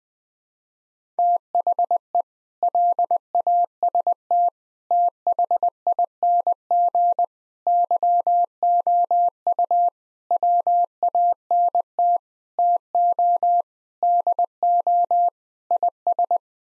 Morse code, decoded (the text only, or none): THE LAST THING YOU WANT TO DO IS